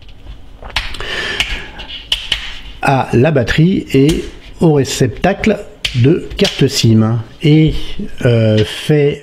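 A tightly clipped plastic back cover is pried off a Vernee Thor smartphone to reach the battery and SIM card tray. Sharp snaps ring out at 0.8, 2.1 and 2.3 seconds as the clips let go and the cover pops open. Someone talks throughout.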